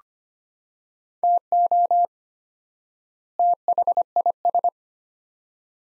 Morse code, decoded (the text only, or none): TO THIS